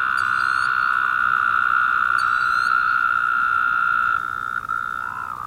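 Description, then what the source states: Woodhouse's toad chorus, a loud continuous nasal buzz that weakens after four seconds, accompanied by two quick high chirps early on. Several toads calling.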